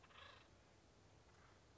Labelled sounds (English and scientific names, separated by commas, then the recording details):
Acorn Woodpecker (Melanerpes formicivorus)
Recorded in Sonoma County, California